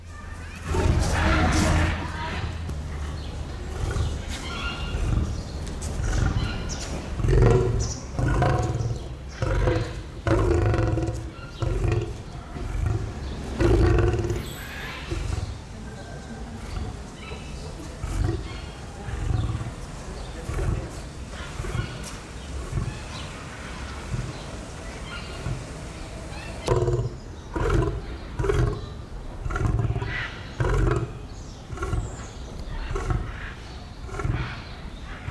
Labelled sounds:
Lion call
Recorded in captivity
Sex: male
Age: adult
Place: Zoo Leipzig, Sachsen, DE
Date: 1995-10-25 13:00
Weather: heiter 14°C
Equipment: Sony WM-D6C, Sennheiser ME 80, Kopie Uher 4000 Report Monitor
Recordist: Tembrock, Günter

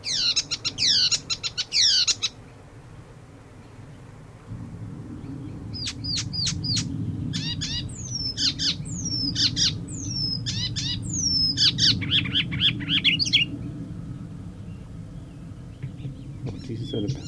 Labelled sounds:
Icterine Warbler song
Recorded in the wild
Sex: male
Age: adult
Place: Feldberg - Koldenhof, Mecklenburgische Seenplatte, Mecklenburg, DE
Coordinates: 53.3403, 13.3586
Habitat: lake
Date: 1976-06-14 20:06
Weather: ca. 16 °C
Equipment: Uher CR 210, Sennheiser MD 421 HL, Verstärker, Reflektor, Kopie Uher 4200
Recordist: Tembrock, Günter

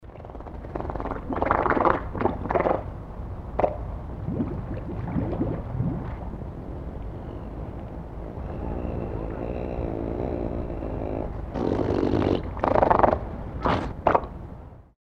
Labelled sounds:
Harbor Seal
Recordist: Tembrock, Günter
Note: Lautfolgen und Blubbern eines Männchens beim Abtauchen

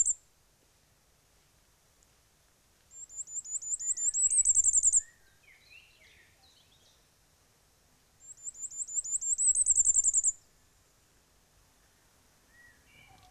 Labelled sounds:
Common Firecrest song
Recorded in the wild
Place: Oberstdorf, Bayern, DE
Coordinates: 47.4092, 10.3133
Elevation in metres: 1263
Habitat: mountains
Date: 1985-04-04
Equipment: Uher 4000 Report
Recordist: Tretzel, Erwin

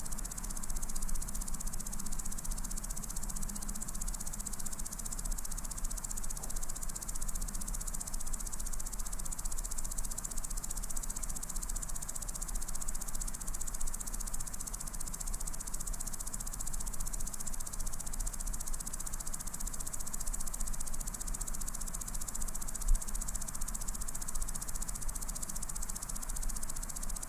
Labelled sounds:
Common Green Grasshopper stridulation
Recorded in the wild
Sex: male
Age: imago
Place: Ose, Setesdal, NO
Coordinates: 58.9436, 7.69222
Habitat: meadow
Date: 1992-08-08 17:50
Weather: sunny, 22°C
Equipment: Sony WM-D6C, Sennheiser ME 80, K 30 AV
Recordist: Frommolt, Karl-Heinz
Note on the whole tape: Wiese auf Zeltplatz Ose: Gesang von zwei Heuschrecken (ursprünglich fälschlicherweise als Warzenbeißer geführt) mit Annäherung eines Weibchens. Detaillierte Angaben zum Verhalten

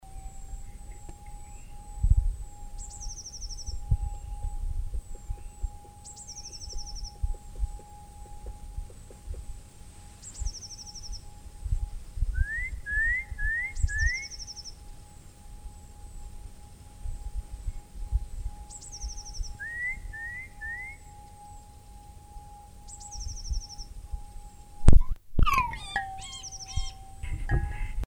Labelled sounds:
Common Firecrest song
Great Tit
Middle Spotted Woodpecker
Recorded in the wild
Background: Parus major, Dendrocopos medius
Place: Freiburg, Baden-Württemberg, DE
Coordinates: 47.9842, 7.87667
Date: 1960-03-23
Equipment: Vollspur
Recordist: Thielcke, Gerhard
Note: Freiburg (Mooswald), Querbach, daneben Kleiber und Gartenbaumläufer

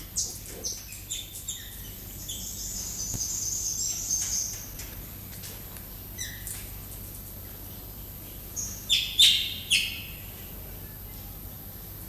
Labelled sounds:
Village Weaver call
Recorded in captivity
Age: adult
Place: Zoo Berlin, Berlin, DE
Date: 2005-08-10 15:34
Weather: overcast, 16°C
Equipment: Sony WM-D6C, Sennheiser ME 80, Kopie Uher 4000 Report Monitor
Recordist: Tembrock, Günter
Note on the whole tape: Dorfweber, als Textorweber bezeichnet: Diverse Lautformen. Technisch bedingtes Brummen/Rauschen in der Aufnahme

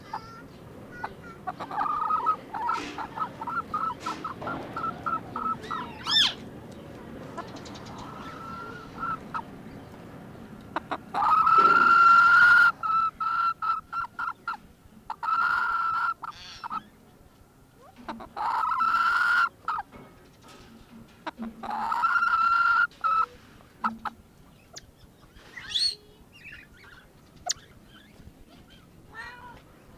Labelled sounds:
Siamese Fireback call
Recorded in captivity
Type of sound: call
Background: Gallus gallus f. domestica
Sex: male
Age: adult
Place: Zoo Halle, Sachsen-Anhalt, DE
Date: 1987-04-11 11:25
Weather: fair, 7-10°C
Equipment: Nagra SN, Kopie Tesla B 116
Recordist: Tembrock, Günter
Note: Lautfolgen, daneben gleichzeitig Laute von einem Haubenhahn (Zuchtrasse)

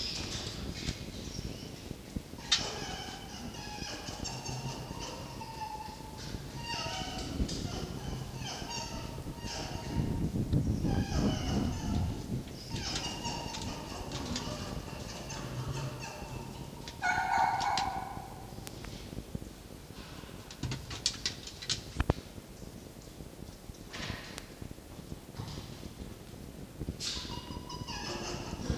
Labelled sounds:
Red Fox
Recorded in captivity
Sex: male
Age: adult
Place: Zoologisches Institut der HUB, Berlin, DE
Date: 1952-04-03 19:30
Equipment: Elmetra
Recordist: Tembrock, Günter

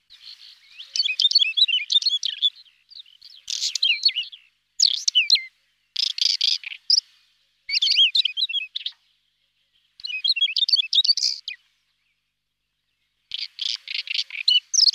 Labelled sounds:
Whinchat song
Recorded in the wild
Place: Braslawskiye, BY
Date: 2005-05-19
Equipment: Minidisc Sony MZ-R35, Telinga DAT, Telinga-Parabolspiegel
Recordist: Schwarz, Dieter
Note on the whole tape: Song

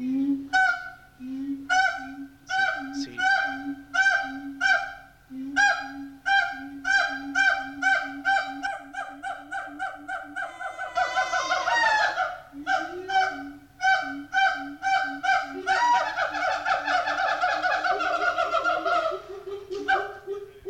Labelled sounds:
Siamang
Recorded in captivity
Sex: pair
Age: adult
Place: Zoo Berlin, Berlin, DE
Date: 1984-08-03
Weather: bedeckt, heiter, Regen, 20°C
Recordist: Tembrock, Günter
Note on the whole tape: Paar: Rufreihen, Duette, dann Laute bei Kopula, diese bis zum Schluß. Nach Ansage durch G.Tembrock ist die Aufnahme vom 10.8.84 (Unterschied zur Bandbeschriftung). In der Aufnahme sind Knackgeräusche

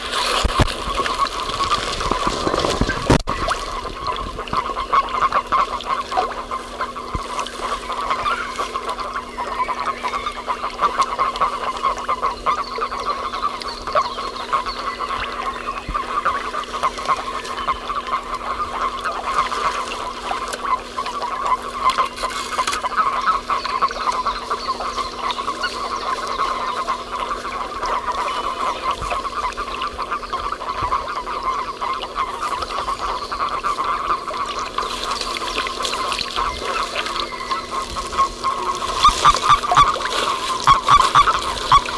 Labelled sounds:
Common Toad call
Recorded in the wild
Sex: male
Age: adult
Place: Strausberg, Brandenburg, DE
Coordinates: 52.5478, 13.8744
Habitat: lake
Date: 1969-04-26 16:00
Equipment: Uher 4200, Telefunken-Mikrofon, Vorverstärker 2
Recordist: Tembrock, Günter

